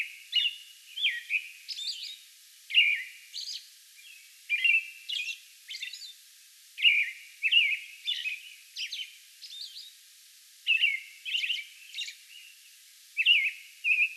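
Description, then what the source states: American robin song: rich caroling phrases of short slurred whistles in quick groups, some with a high squeaky note, running almost without pause. Song bout recorded May 11.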